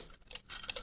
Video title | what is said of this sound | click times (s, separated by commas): Cyberverse and Cyber Battalion Prowls review | and it just doesn't there's nothing that really tabs in at all | none